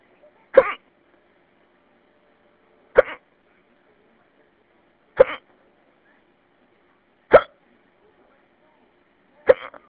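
Hiccups in an adult, heard over a telephone: five sharp, abrupt hiccup sounds, each a brief broadband burst, spaced a little over two seconds apart, at about 28 per minute.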